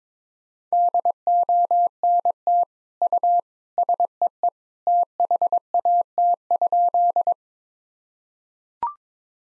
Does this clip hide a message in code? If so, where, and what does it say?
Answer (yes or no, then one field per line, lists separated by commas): yes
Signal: Morse code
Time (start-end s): 0.7-7.3 s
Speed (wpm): 22 wpm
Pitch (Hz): 700 Hz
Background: none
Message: DONT U SEE THAT?